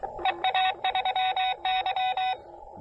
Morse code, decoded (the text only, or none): EA3Y